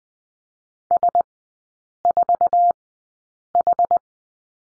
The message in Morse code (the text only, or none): S 4 H